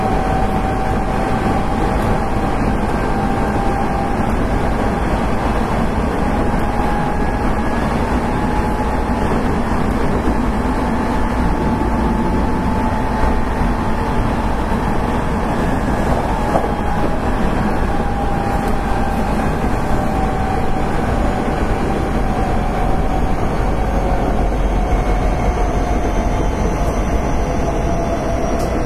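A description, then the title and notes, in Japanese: A Hankyu Railway 8000 series express train runs steadily along the Kobe Line, a dense, even rumble of wheels and motor that holds at one loudness throughout. A faint whine rises and falls gently above the roar, with light rattling mixed in. 阪急電鉄8000系電車の走行音です。神戸線の特急列車で録音しました。区間は新開地から梅田までです。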